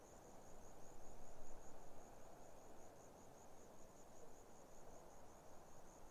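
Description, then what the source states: Grasshopper stridulation, a sustained high-pitched rhythmic ticking buzz, with softer wind sighing underneath. Grasshoppers stridulating on a lukewarm autumn afternoon, 6 May 2015, arid Barrier Ranges near Broken Hill, Australian outback; wind through desert she-oaks.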